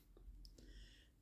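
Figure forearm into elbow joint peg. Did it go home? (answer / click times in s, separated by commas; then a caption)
yes / 0.5 s. The bottom forearm of a plastic Amazing Yamaguchi Arkham Knight (Red Hood) action figure is plugged back onto its elbow joint peg, giving a sharp, bright click at 0.5 s followed by a softer tick at 0.6 s. The forearm is confirmed seated.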